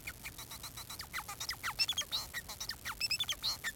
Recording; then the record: song of a male Bengalese finch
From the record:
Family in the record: son of father 4